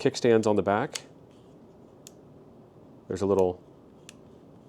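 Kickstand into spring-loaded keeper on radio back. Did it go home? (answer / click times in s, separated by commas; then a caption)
yes / 4.1 s. Someone talks while moving the rear kickstand on the back of a radio into its spring-loaded keeper. A small, sharp click at 4.1 s marks the keeper seating and holding the kickstand in place.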